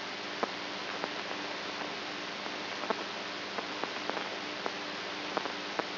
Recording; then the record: brain microelectrode recording played as sound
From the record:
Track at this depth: outside the subthalamic nucleus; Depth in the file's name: 7.105 mm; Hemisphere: right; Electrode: 3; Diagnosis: Parkinson's disease